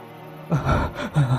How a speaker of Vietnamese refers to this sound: Chạy thêm được một đoạn nữa thì Lập dừng lại, hổn hển lên tiếng.